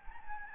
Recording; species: mosquito wingbeat signal from an infrared sensor; Anopheles gambiae